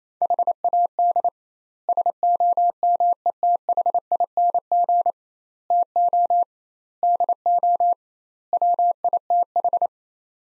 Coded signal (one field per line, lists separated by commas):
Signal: Morse code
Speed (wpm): 28 wpm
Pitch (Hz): 700 Hz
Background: none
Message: HAD SOMETHING TO DO WITH